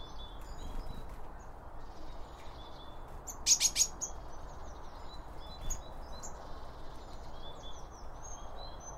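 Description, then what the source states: Bird chirps, with a loud burst of sharp high notes midway, then softer scattered tweets, over low background noise. Birds around a bird feeder, recorded with two Line Audio OM1 microphones.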